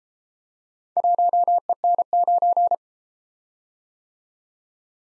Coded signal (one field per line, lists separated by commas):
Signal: Morse code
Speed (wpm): 30 wpm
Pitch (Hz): 700 Hz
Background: none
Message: 1EN9